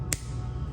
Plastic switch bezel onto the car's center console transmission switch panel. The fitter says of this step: Just get those two together like so, and then snap away,